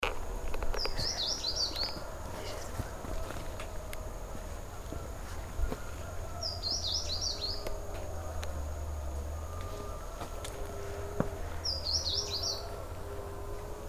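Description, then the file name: Blue seedeater calling: three short, high, jittery phrases about five to six seconds apart, over a steady thin high whine and low rumbling background noise. Recorded in Panama on 13 July 2010. "Blue Seedeater Panama 20100713"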